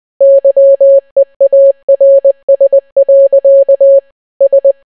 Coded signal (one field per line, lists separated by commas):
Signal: Morse code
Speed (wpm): 20 wpm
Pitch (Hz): 550 Hz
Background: none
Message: YEARS. S